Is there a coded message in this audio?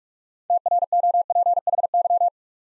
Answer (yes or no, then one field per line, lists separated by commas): yes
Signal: Morse code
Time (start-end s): 0.5-2.3 s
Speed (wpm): 44 wpm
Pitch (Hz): 700 Hz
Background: none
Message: TROPHY